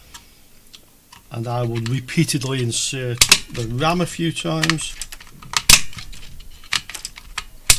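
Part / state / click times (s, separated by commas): RAM module into motherboard DIMM slot / seated / 5.7 s, 7.7 s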